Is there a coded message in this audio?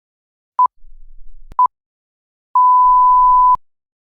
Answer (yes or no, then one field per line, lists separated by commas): no